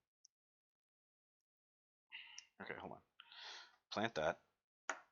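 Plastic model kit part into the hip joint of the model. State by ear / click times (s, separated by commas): seated / 4.9 s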